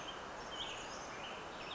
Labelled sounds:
Chestnut-backed Chickadee (Poecile rufescens)
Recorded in Sonoma County, California

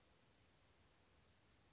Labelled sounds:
Chestnut-backed Chickadee (Poecile rufescens)
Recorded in Sonoma County, California

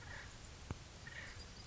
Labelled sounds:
Acorn Woodpecker (Melanerpes formicivorus)
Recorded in Sonoma County, California

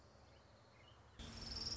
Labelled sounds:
Orange-crowned Warbler (Leiothlypis celata)
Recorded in Sonoma County, California

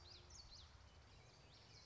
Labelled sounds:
Common Yellowthroat (Geothlypis trichas)
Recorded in Sonoma County, California

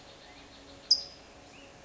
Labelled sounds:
California Towhee (Melozone crissalis)
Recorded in Sonoma County, California

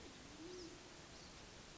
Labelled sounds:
Band-tailed Pigeon (Patagioenas fasciata)
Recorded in Sonoma County, California

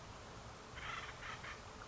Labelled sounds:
Acorn Woodpecker (Melanerpes formicivorus)
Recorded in Sonoma County, California

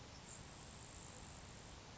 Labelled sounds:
Grasshopper Sparrow (Ammodramus savannarum)
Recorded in Sonoma County, California

